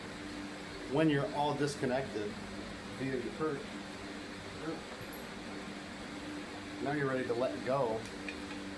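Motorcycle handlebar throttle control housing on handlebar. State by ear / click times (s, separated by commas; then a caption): released / 8.3 s. With the throttle cables disconnected at the handlebar of a Harley-Davidson Dyna, the throttle control housing is let go and releases with a single short, sharp click at 8.3 s. Someone talks over a steady low hum.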